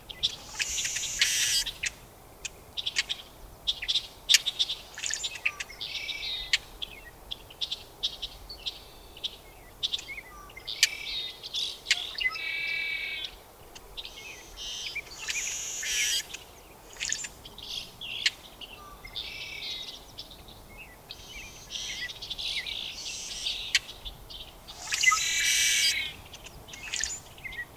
Brewer's Blackbird song and call recorded in Moraine Park in Rocky Mountain National Park.